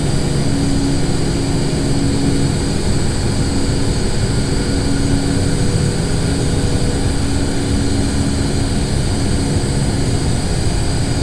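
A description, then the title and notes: Power lines hum and buzz steadily from start to finish, a dense, unchanging drone with a low tone around the bottom and a sizzling, crackling hiss riding high above it. No separate events stand out; the sound stays constant. Transmission Towers [Bulk Power]. The Sound of Power Lines.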